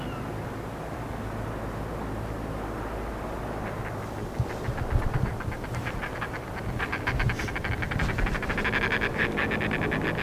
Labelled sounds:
Northern Fulmar call
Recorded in the wild
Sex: diverse
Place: Insel Mednyi, Kommandeur-Inseln, RU
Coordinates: 54.5167, 168.083
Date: 1999-06-30 18:48
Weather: bewölkt, 8°C, in Schlucht fast windstill
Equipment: Sony WM-D6C, Sennheiser MKH 70, Windkorb, Kopie Sony TCD-D8
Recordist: Frommolt, Karl-Heinz

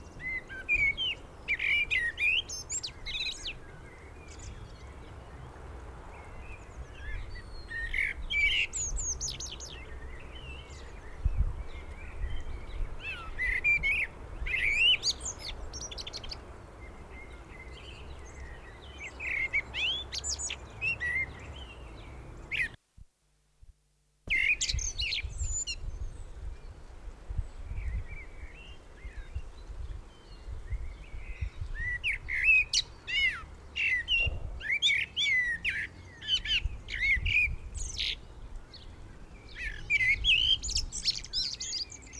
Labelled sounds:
Common Blackbird song
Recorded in the wild
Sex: male
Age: adult
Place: Garmisch-Partenkirchen, Bayern, DE
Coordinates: 47.4883, 11.0697
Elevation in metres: 711
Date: 1967-04-02
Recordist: Tretzel, Erwin

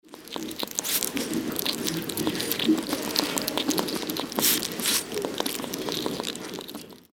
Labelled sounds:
West European Hedgehog
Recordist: Tembrock, Günter
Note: Laute beim Fressen

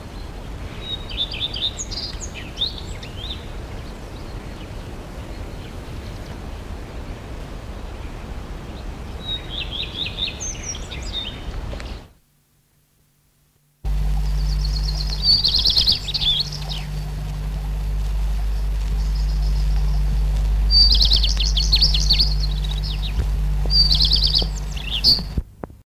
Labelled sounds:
Common Redstart song
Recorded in the wild
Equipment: Halbspur, 9,5 cm/s
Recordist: Lütgens, Hans
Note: Gesang, Elbholz (?)

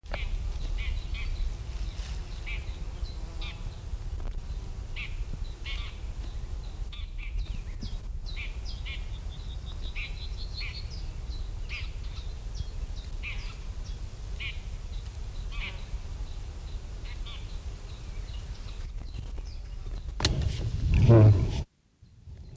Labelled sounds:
Red-backed Shrike alarm call
Common Chiffchaff
Yellowhammer
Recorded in the wild
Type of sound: alarm call
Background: Phylloscopus collybita, Emberiza citrinella
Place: Huywald, Huy, Sachsen-Anhalt, DE
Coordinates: 51.9486, 10.9519
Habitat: Hochwald
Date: 1971-07-11 12:04
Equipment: Uher 4200 Report-S, Tesla Verstärker, Sennheiser MD 421
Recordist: Tembrock, Günter
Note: Rufe (warnen), Huy-Wald auf der Höhe, sitzt jetzt auf einer Eiche, vorher im Niederholz

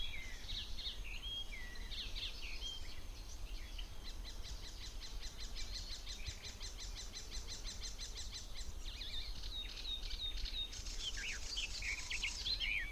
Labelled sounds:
Icterine Warbler song
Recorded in the wild
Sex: male
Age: adult
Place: Falkenberger Rieselfelder, Barnim, Berlin, DE
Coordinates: 52.578, 13.548
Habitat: poplar copse
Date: 1991-06-02
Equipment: Uher Report Monitor (Halbspur), Sennheiser ME 80, K 30 AV (III)
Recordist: Frommolt, Karl-Heinz

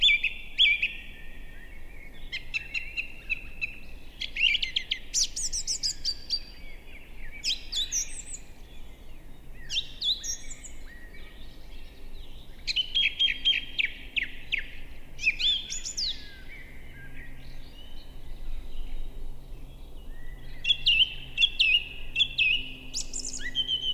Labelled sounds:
Song Thrush song
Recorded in the wild
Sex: male
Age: adult
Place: Bernau bei Berlin, Barnim, Brandenburg, DE
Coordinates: 52.6958, 13.5256
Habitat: wood
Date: 2007-04-07 19:54
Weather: fair, 10°C, almost no wind
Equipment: Sound Devices 702, Sennheiser MKH 70, Windkorb
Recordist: Frommolt, Karl-Heinz

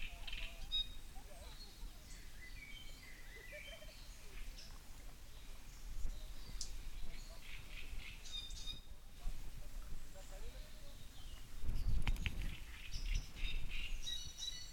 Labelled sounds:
Great Reed Warbler
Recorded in the wild
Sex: male
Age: adult
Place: Müggelsee, Berlin, DE
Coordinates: 52.43, 13.64
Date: 1990-05-19
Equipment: Uher 4400 Report Monitor, Sennheiser ME 80, K 30 AV
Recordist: Fischer, Stefan

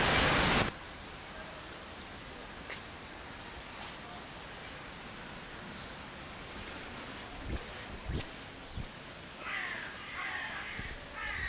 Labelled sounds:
Black-mantled Tamarin call
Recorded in captivity
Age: adult
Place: Zoo Berlin, Berlin, DE
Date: 1999-09-04 14:20
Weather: sonnig, 24°C
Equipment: Sony WM-D6C, Sennheiser ME 80, Kopie Uher 4000 Report Monitor
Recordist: Tembrock, Günter

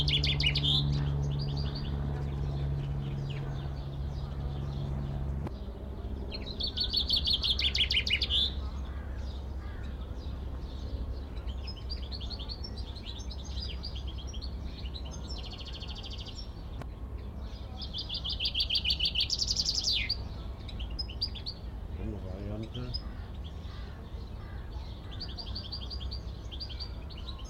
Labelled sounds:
Common Chaffinch
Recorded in the wild
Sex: male
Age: adult
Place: Zoo Berlin, Berlin, DE
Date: 1994-05-28 12:43
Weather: bedeckt, 12-15°C
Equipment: Marantz CP 430, Sennheiser ME 80, Kopie Uher Variocord 263
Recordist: Tembrock, Günter

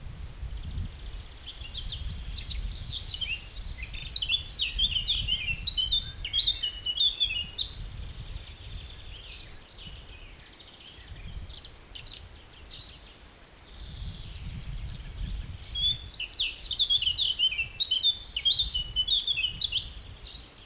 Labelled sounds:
Eurasian Blackcap
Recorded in the wild
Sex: male
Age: adult
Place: Blankenfelde, Berlin, DE
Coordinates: 52.625, 13.404
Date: 1992-05-23 10:09
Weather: sonnig, 20-24°C, böiger Ost-Wind
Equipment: Nagra SN, Mikrofon AKG CK 8, Kopie Tesla B 116
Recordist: Tembrock, Günter

